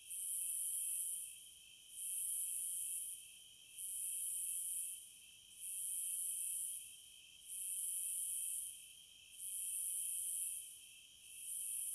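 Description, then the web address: Cicada call in rhythmic pulses: seven shrill buzzing bursts, each just over a second long, with a continuous high insect hum underneath. Cicadas in the American wilds. "Echoes of Nature - American Wilds 06 Cicadas"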